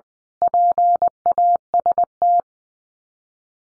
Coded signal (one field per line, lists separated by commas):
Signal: Morse code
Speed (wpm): 20 wpm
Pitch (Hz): 700 Hz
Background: none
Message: PAST